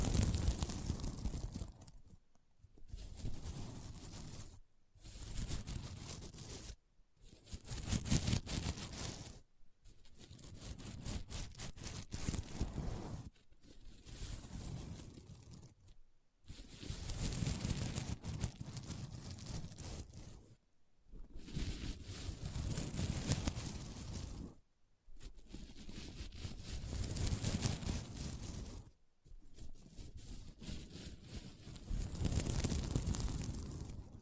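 Scratchy brushing of sequins on a mermaid pillow, in repeated bursts of dense rustling hiss separated by short silences. Each stroke lasts about one to four seconds, some rising and falling in loudness, with a crisp, bright edge throughout.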